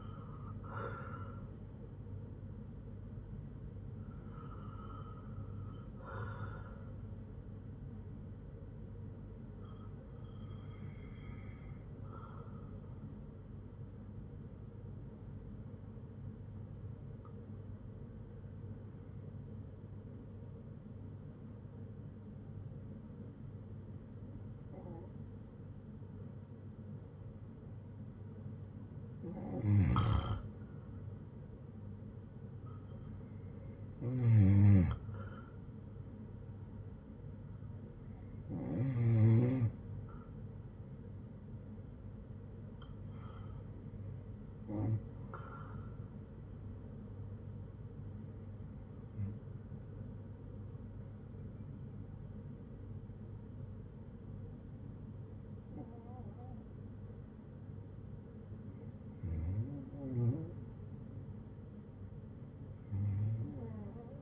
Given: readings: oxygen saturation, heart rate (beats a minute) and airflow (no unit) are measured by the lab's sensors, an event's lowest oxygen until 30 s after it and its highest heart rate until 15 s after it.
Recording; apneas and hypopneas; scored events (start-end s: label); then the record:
breathing in sleep by a smartphone at the bedside; 1
11.00-31.50 s: hypopnea (REM, oxygen 97% highest, then 93% lowest, heart rate 69 at the start, 72 highest)
From the record:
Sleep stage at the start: REM sleep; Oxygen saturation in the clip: 85 to 97%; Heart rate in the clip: 58 to 72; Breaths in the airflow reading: 14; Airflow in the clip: -8.1 to 6.5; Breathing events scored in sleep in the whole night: 182 in 7.4 hours asleep